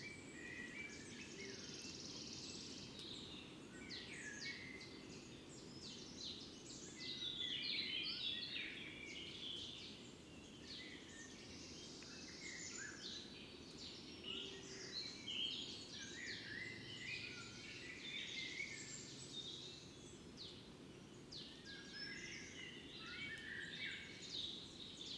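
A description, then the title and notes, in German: Morning outside a fox den, with many birds calling and singing at once in a dense, overlapping chorus of bright chirps and trills. A steady low rumble runs underneath, and the level stays fairly even, swelling slightly around the middle. Der Morgen vor dem Fuchsbau. Anders als in der Lehmgrube wachen hier die Vögel zu unterschiedlichen Zeiten auf. Auch dies ist eine Kunstkopfaufnahme, die mit Kopfhörern deutlich eindrucksvoller klingt.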